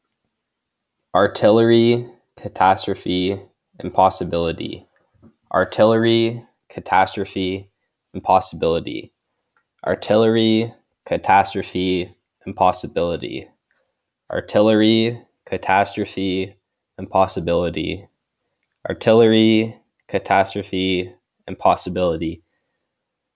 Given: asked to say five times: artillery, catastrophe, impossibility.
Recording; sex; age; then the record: three words, each repeated; male; 18 to 19 years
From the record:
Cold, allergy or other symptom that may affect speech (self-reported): no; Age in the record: 18 years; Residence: California, United States